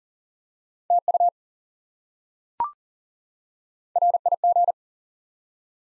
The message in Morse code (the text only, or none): TU RIG